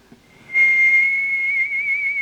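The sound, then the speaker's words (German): A man whistles while walking along the Graben in Vienna, a long, sustained high note that wavers slightly in pitch, starting faintly and then holding steady and fairly loud for about two seconds, with no talking. “Brust raus, Bauch rein, ein echter, fescher, unwiderstehlicher, christlicher Kavalier, der Wien, wie nur du allein pfeifend den Graben entlang geht, der mein Grab sein wird.”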